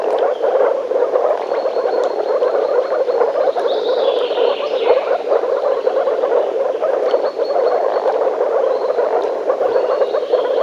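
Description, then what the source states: Dense frog chorus of overlapping croaks throughout, with a brief high call in the middle and repeated high chirps. Frogs in a forest.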